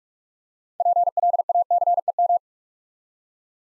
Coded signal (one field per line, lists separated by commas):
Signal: Morse code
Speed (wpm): 44 wpm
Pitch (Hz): 700 Hz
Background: none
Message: PLACEM